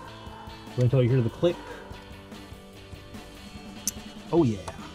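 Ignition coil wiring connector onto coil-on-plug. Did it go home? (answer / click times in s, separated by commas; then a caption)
no / none. An ignition coil wiring connector is being handled onto a coil-on-plug on a 2012-2013 Mustang with a Ford Performance 5.0L Coyote ignition coil set, while someone talks over background music. A brief sharp sound occurs near 3.9 s, but nothing has seated or clicked yet.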